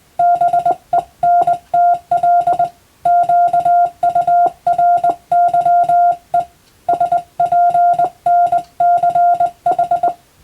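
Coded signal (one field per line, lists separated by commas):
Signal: Morse code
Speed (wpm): 20 wpm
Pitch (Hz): 700 Hz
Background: music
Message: BENTL QURYE SPNCH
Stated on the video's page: Morse reception practice for Japanese radiotelegraph operator exam, using European-language telegram practice texts.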